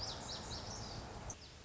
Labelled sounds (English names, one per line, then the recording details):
Lazuli Bunting
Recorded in Sonoma County, California